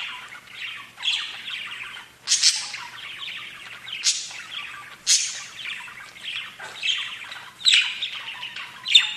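Budgerigar chatter: buzzy warbles punctuated by loud, bright squawks every couple of seconds.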